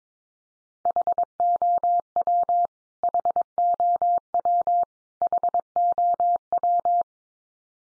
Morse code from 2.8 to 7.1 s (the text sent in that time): HOW HOW